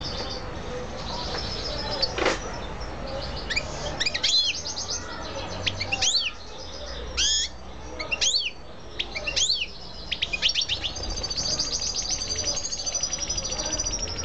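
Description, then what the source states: Canary giving scattered sharp chirps and sliding whistles, then a softer thin trill near the end, with a steady low hiss behind. Female bird.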